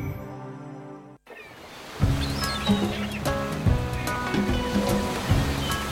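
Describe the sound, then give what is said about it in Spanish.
After a short tonal sound and a brief silence, a steady wash of ocean surf rolls in, with waves breaking and hissing continuously and faint, brief high chirps over it. “Este verano te gustaría vivirlo así, junto al mar, con emoción.”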